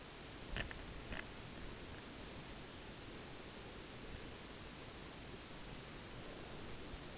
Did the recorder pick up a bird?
no